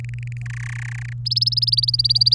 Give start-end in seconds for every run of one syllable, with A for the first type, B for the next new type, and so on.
0.00-0.42 A, 0.46-1.13 B, 1.25-2.34 C